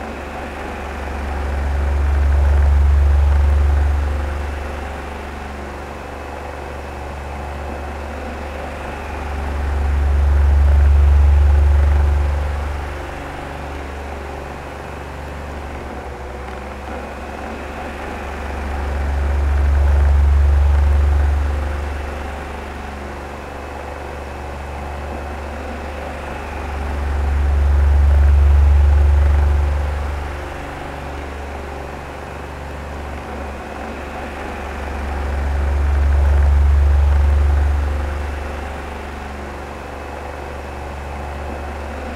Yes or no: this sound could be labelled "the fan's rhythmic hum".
yes